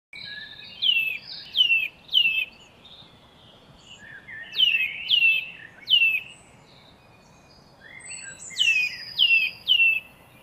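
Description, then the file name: Eurasian nuthatch giving loud, sharp descending whistled calls in quick bursts of three or four notes, repeated several times with short pauses between. "Sitta europaea"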